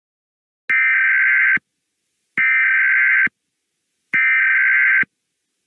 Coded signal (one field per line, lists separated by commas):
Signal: Emergency Alert System (SAME) tones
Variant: header bursts